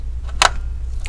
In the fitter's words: see you hear that click that that shows that the clipper is clicked onto the ram